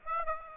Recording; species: mosquito wingbeat signal from an infrared sensor; Aedes aegypti